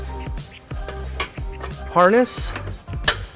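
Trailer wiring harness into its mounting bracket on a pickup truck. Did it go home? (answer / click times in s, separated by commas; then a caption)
yes / 3.1 s. A plastic trailer wiring harness is pressed into its mounting bracket on a 2006 Nissan Titan pickup truck while someone talks over background music. A few soft knocks are followed by a single sharp, loud click at 3.1 s as the harness seats in the bracket.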